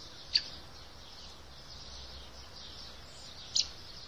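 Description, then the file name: Eurasian blackbird giving two short, sharp high calls about three seconds apart over a steady background hiss. "Turdus merula"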